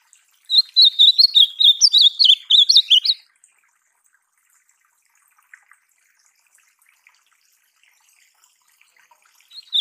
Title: Encarte Seu Golinha Com Este Lindo Canto De Azulão